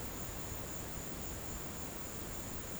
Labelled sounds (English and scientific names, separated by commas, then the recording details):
none
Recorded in pastures near Puerto Asís, Putumayo, Colombia, on 21 March 2025 at 15:00
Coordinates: 0.472, -76.329
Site G074